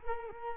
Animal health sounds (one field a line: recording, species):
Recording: mosquito wingbeat signal from an infrared sensor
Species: Culex quinquefasciatus